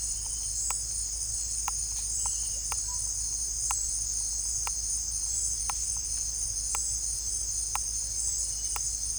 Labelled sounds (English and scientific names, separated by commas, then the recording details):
none
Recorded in secondary vegetation near Puerto Asís, Putumayo, Colombia, on 18 December 2024 at 17:00
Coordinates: 0.481, -76.318
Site G042